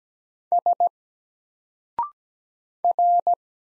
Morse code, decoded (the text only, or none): S R